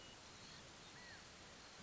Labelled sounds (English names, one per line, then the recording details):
California Quail
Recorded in Sonoma County, California